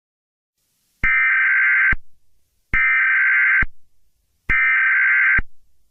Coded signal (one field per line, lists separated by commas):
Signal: Emergency Alert System (SAME) tones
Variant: header bursts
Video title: Eas Scenario 016 - Dr. Seuss On The Loose